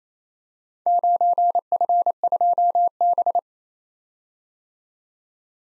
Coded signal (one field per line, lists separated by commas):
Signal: Morse code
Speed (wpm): 28 wpm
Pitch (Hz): 700 Hz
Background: none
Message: 9F2B